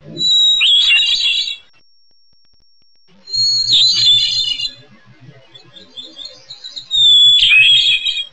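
Hermit thrush: three short high-pitched phrases about a second long, spaced a few seconds apart with quiet between.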